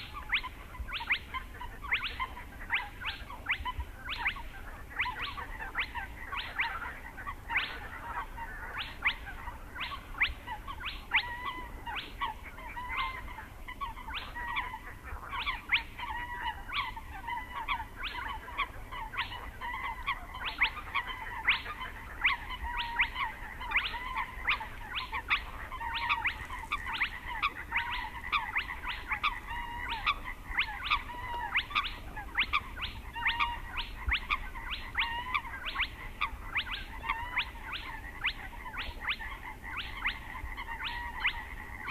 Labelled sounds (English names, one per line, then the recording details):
Spotted Crake
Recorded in the wild
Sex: male
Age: adult
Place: Schwedt/Oder, Nationalpark Unteres Odertal, Brandenburg, DE
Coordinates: 53.1313, 14.3492
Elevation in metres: 1
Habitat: wetland
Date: 2015-04-23
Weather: clear, 4°C, almost windless
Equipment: Sound Devices 702, Sennheiser MKH 70, Rycote Windschutz
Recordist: Frommolt, Karl-Heinz